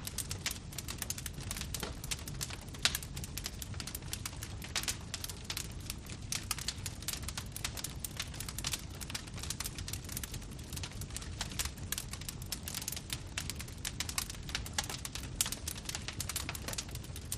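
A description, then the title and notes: A wood fire crackles steadily, with dense, rapid pops and snaps scattered all through the recording, a few sharper ones standing out. Beneath the crackle runs a soft, low roar of the burning logs that stays even from start to finish. Wood Fire.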